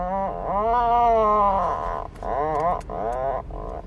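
Puffin giving low, drawn-out groaning calls, one long moan followed by a few shorter groans.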